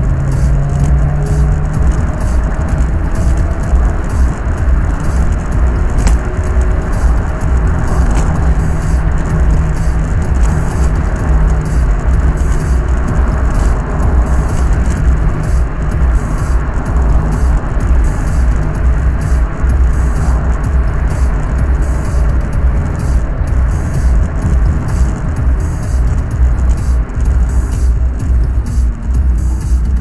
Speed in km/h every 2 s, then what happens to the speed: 89, 93, 95, 97, 100, 97, 95, 95, 93, 89, 87, 87, 90, 76, 63.
0-9 speeds up to 100. 9-17 slows to 89. 17-24 steady at about 87. 24-30 brakes to 63.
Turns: none.